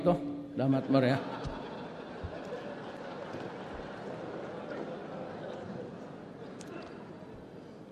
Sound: laughter